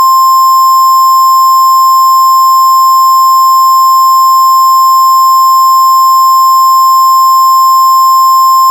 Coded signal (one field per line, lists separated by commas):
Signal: Emergency Alert System (SAME) tones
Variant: 1050 Hz attention tone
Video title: FOUND FOOTAGE:EAS Emergency Action Termination (9-17-00) BLOOD MOON